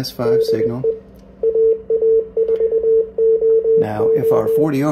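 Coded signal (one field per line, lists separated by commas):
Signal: Morse code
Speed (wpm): 19 wpm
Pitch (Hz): 450 Hz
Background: speech, radio noise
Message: DE AA4OO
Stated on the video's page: Weak CW signal from an outboard transceiver with a 40 dB over S9 interferer nearby, heard through Yaesu FT-DX10 300 Hz versus 500 Hz crystal filters.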